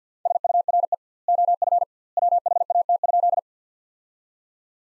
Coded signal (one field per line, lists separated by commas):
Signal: Morse code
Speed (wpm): 50 wpm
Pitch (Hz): 700 Hz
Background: none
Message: SURE OF WHAT?